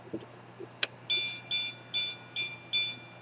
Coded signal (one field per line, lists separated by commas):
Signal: none